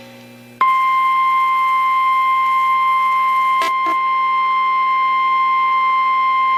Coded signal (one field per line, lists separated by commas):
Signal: Emergency Alert System (SAME) tones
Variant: 1050 Hz attention tone